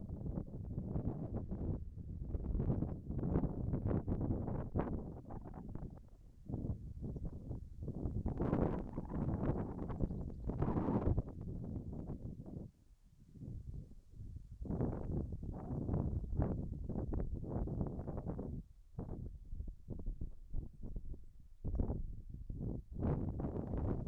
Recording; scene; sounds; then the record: everyday scene through a hearing-aid microphone; wind on the microphone; wind, whistling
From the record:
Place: in front of a rural house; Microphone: behind the ear, left, front